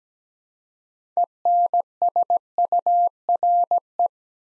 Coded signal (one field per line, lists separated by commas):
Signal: Morse code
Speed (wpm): 17 wpm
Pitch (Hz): 700 Hz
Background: none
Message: ENSURE